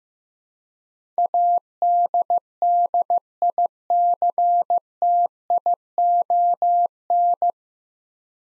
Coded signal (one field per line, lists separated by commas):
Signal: Morse code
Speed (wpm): 15 wpm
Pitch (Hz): 700 Hz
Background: none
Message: ADDICTION